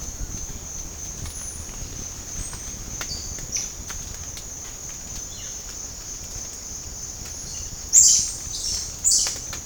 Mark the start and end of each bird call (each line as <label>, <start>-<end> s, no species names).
bird call, 3.02-3.78 s
bird call, 5.25-5.62 s
bird call, 7.96-9.49 s